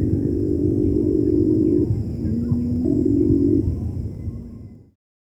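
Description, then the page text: Cinnamon-bellied imperial pigeon giving deep, low moaning coos, long drawn-out notes with a brief lower tone between them, over a steady rumbling background that stops abruptly near the end. "Cinnamon-Bellied Imperial Pigeon Call. Quick Sounds"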